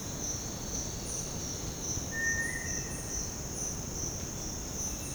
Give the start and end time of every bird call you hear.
0.00s-5.14s: bird call (1.4-11.5 kHz)

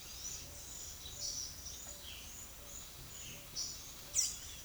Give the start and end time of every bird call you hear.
0.26s-2.33s: bird call (1.9-7.4 kHz)
3.59s-4.52s: bird call (2.3-8.0 kHz)

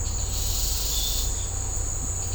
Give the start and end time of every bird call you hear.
0.92s-1.36s: bird call (3.0-4.0 kHz)

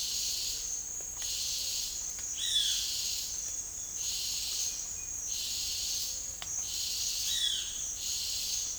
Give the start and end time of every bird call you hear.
2.35s-2.92s: bird call (0.9-4.1 kHz)
7.28s-7.81s: bird call (1.1-4.2 kHz)

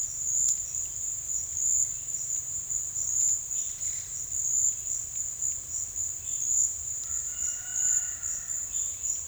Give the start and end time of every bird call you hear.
7.12s-8.45s: bird call (0.8-4.2 kHz)

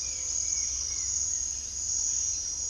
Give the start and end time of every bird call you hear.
0.02s-1.07s: bird call (1.3-2.8 kHz)

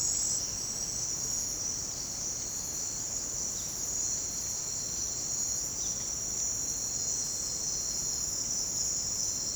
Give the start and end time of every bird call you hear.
1.86s-5.92s: bird call (2.9-5.0 kHz)

